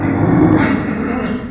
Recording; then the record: squeal of a Yucatan mini pig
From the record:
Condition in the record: after surgery on the right vocal fold (resection and tissue-engineered implant); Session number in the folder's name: 3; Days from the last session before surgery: 21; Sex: female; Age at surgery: 19 weeks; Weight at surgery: 25 kg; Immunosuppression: prednisolone